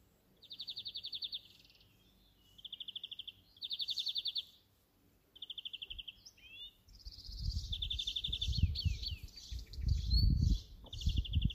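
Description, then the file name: European greenfinch producing several rapid, even rattling trills separated by brief pauses, then a busier jumble of twittering and buzzy notes as low rumbling noise rises toward the end. "Chloris chloris"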